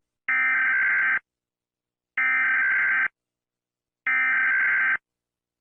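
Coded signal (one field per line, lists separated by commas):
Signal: Emergency Alert System (SAME) tones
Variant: header bursts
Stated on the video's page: Simulated EAS scenario, not a real alert.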